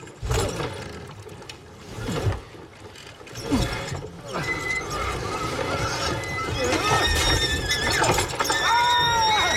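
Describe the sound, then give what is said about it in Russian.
A large black pig, just caught by a man, squeals in several shrill, rising cries that grow louder and more frequent toward the end, over a steady low mechanical rumble and clatter. “Он поймал большую черную свинью, испугался и заперся в кабине.”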